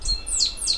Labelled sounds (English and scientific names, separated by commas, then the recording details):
Stitchbird (Notiomystis cincta) song
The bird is a male
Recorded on Tiritiri Matangi Island, New Zealand, in 2005
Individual 10, of nest box 12